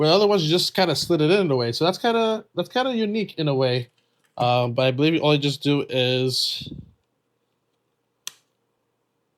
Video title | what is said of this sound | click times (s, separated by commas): Nintendo Switch 2 Is Here! - Nintendo Switch 2 Unboxing and First Look | Wow. Okay. It just snaps right in. Very nice. | 8.3 s